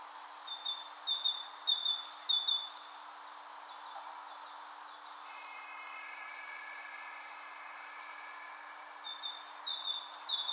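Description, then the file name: Great tit repeating sharp high paired notes, pausing while lower drawn-out whistles sound, then resuming its quick repeated phrases. "Parus major"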